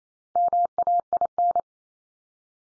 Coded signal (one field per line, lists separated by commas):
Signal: Morse code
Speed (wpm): 28 wpm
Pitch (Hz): 700 Hz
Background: none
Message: MAIN